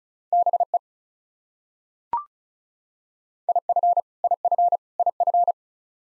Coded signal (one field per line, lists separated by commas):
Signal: Morse code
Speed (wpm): 36 wpm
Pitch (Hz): 700 Hz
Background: none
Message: BE IF IF IF